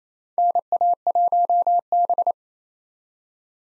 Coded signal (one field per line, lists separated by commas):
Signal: Morse code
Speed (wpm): 28 wpm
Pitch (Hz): 700 Hz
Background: none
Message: NA1B